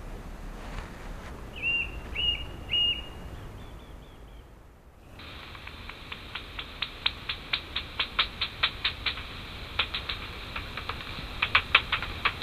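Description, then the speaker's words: Northern bat echolocation heard as a train of sharp ticking clicks, a few per second, with quicker bursts near the end; a bird chirps a few times early on. Heard through a bat detector on a summer evening, hunting overhead at canopy level among black alder treetops; sounds like plop, plop, like a ping-pong ball, clicks speeding up when it detects prey. "Joo, siinä lepakko saalistaa tuossa meidän yläpuolella. Kuuluu tolleen plop, plop, plop, plop."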